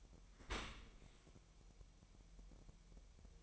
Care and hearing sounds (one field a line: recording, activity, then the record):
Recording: daily activity, microphone in the room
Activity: open dishwasher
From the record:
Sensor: 1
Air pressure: 1000.7 hPa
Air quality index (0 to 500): 247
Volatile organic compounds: 144 ppm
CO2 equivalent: 3994 ppm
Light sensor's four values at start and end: 11/28/11/12 and 11/28/11/12